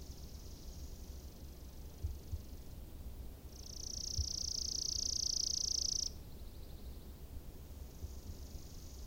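Chipping sparrow song: a steady, dry, rapid trill on one high pitch lasting about two and a half seconds, with a fainter similar trill before it and low hiss throughout.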